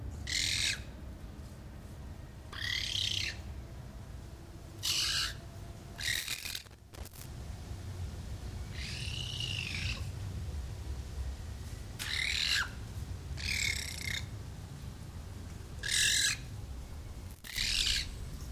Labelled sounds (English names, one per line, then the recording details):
Common Raven call
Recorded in captivity
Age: adult
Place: Zoo Berlin, Berlin, DE
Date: 1998-10-17 10:55
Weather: fair, 14°C
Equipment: Sony MD-WM MZ-R3, Sennheiser MKH 416 T, Kopie Uher 4000 Report Monitor
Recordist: Tembrock, Günter
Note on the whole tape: Kurzlaute. Achtung, teilweise technische Probleme: fehlerhafte Mikrofonkabelverbindung